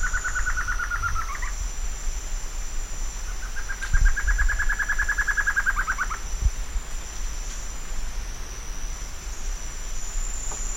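Bird trilling twice, each a rapid train of short notes lasting one to three seconds, under a persistent high whine.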